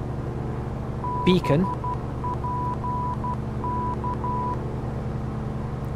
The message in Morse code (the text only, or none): BPK